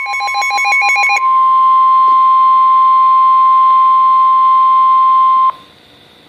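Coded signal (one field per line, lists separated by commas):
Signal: Emergency Alert System (SAME) tones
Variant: 1050 Hz attention tone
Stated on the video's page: Recorded with a Samsung Galaxy S III.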